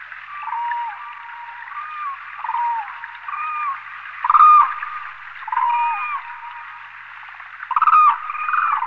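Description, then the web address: Demoiselle crane calls: scattered hoarse honks, with two louder rough calls standing out, over constant background hiss. "anthropoides virgo"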